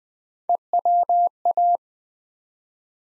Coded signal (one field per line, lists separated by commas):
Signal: Morse code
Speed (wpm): 20 wpm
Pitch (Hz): 700 Hz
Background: none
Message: EWA